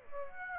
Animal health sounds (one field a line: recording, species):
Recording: mosquito wingbeat signal from an infrared sensor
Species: Aedes aegypti